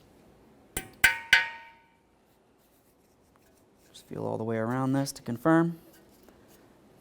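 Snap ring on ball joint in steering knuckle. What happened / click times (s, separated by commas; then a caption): The steel ring was tapped down into its groove / 0.8 s, 1.1 s, 1.3 s. Three sharp metallic taps at 0.8, 1.1 and 1.3 seconds drive the unseated section of a steel snap ring down into the groove around a front lower ball joint in the steering knuckle of a 1994-1997 Honda Accord. The ring is now seated in the groove, and it is checked by feeling all the way around to confirm. After a short quiet pause, someone talks.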